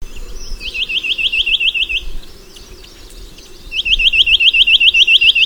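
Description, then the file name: Chinese nuthatch calling in two rapid runs of high notes, each run about ten notes long, separated by a short pause. "Mathias Ritschard - Kosmatyj popolzen Sitta villosa"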